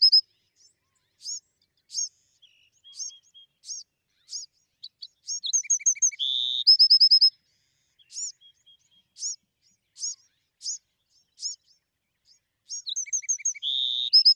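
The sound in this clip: Bewick's wren song: spaced high chirps, broken twice by a phrase of rapid notes, a buzz and a quick trill.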